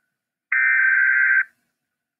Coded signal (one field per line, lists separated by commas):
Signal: Emergency Alert System (SAME) tones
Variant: header bursts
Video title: Reacting to scary EAS alarm scenarios!